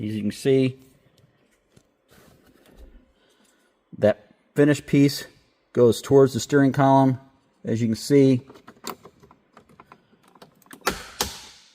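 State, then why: Seated. While a vendor-repaired Ferrari instrument cluster is reinstalled in the car, someone talks as the finished trim piece is fitted into the dashboard toward the steering column and pressed in. Its clip snaps into place with sharp clicks at 10.9 and 11.2 seconds, seating the piece, though the other side still needs redoing.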